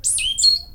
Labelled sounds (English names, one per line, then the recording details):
Stitchbird song
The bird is a male
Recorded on Tiritiri Matangi Island, New Zealand, in 2005
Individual 22, of nest box 31